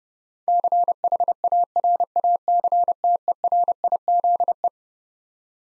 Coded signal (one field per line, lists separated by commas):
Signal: Morse code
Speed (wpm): 32 wpm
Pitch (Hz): 700 Hz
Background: none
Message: CHARACTERIZE